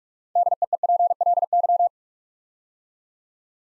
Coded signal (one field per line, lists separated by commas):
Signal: Morse code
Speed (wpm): 44 wpm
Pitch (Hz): 700 Hz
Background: none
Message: DEEPLY